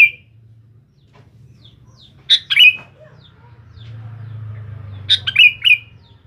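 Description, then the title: Sooty-headed bulbul giving two lively, bubbling phrases about three seconds apart, with faint soft chirps in between and a low background hum. "Kutilang"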